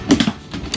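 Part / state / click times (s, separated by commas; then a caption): plastic lid onto under-bed storage box / seated / 0.1 s, 0.2 s, 0.7 s. A plastic lid is closed onto an under-bed storage box and snapped onto the clips on its sides. Sharp clicks sound at 0.1 s, 0.2 s and 0.7 s, with a softer knock around 0.5 s, as the lid clips shut and seats.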